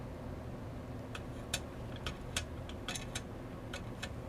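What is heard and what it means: The 90-degree angle-setting knob on an arrow fletching jig is tightened down for a four-fletch setup, giving a series of sharp detent clicks at 1.6, 2.1, 2.4, 2.9, 3.2 and 4.0 seconds over a steady low background hum. The knob is not yet tight enough and still needs a little more turning.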